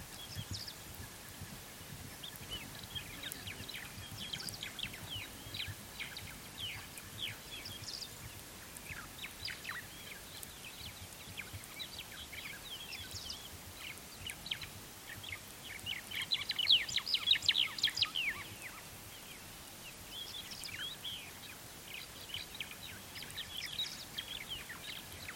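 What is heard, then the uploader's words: Birds chirp and call steadily over an outdoor waterhole, many short bright notes overlapping from several directions. Around the middle of the recording, a louder burst of song rises briefly, while a low rumble of wind and noise runs underneath throughout. African Wildlife At Waterhole.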